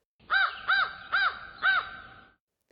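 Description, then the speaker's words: Crow cawing, four harsh arched caws spaced about half a second apart, then silence. Crows live wherever people live and reach higher densities in urban areas than in rural areas. "Crows are an urban bird."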